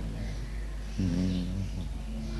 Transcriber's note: hums